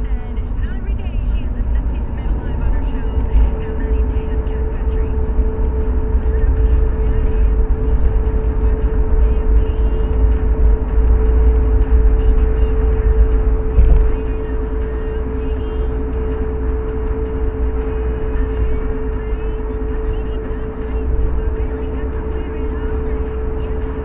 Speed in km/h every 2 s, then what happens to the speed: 52, 58, 63, 68, 72, 77, 77, 77, 77, 76, 74, 77.
0-10 speeds up to 77. 10-24 steady at about 77.